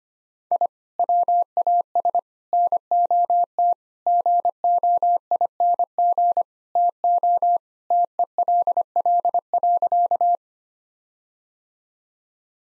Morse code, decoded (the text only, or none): I WAS NOT GOING TO TELL.